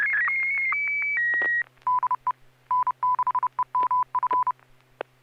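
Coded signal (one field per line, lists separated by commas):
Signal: Morse code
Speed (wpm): 30 wpm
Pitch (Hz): 1000 Hz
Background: none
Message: DE N6EMF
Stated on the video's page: SSTV net on an FM repeater at 441.300 MHz, using MMSSTV software.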